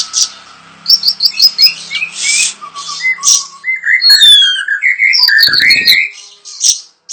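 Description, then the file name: Siri-siri besar varied song: quick repeated high chirps, then rolling slurred whistles stepping down in pitch and a rich jumbled run. Sharp calls (tembakan tajam) used as a master recording for training cage birds. "Suara Siri Siri Besar Tembakan Tajam Untuk Masteran"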